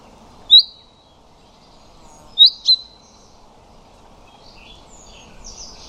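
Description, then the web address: Common chaffinch giving short, sharp high calls: one note, then a quick double note about two seconds later, with faint other bird sounds near the end. "Deverinetal 2025"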